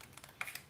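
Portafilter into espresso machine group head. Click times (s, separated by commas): 0.4 s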